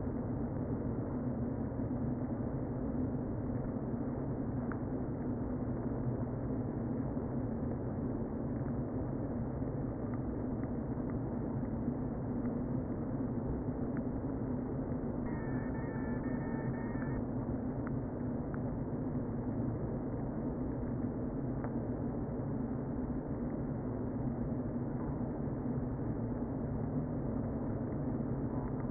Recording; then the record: honeybee colony, microphone inside the hive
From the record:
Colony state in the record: queen present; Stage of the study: before two queens were removed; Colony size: about 60,000 bees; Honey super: yes